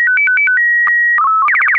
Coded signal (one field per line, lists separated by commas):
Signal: SSTV (slow-scan television)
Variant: Robot BW 8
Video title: Slow Scan Radio, 12 September 2018, Ep. 8